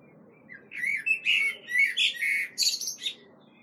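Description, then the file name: Common blackbird song: a string of rich, warbled whistles that rise into several thin, high squeaky notes before stopping. "Turdus merula"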